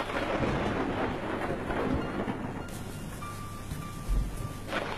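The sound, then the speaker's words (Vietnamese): Steady, even rain patters at night with a dense hiss and a low rumbling undertone. A thin, faint tone drifts through briefly partway along, and there is no talking. “Thời gian đêm hôm đó cứ như vậy mà chậm chậm trôi qua, kèm theo tiếng mưa rơi rả rích.”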